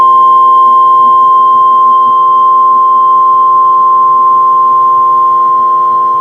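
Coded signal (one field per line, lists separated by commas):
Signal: Emergency Alert System (SAME) tones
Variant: 1050 Hz attention tone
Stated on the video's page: Weekly test on NOAA weather radio station, taken from an old live stream.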